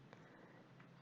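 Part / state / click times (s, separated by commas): RAM module into motherboard memory slot / seated / 0.1 s, 0.8 s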